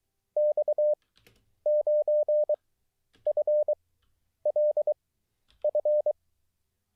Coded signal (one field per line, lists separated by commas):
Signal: Morse code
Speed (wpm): 23 wpm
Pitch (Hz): 600 Hz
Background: none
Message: X9FLF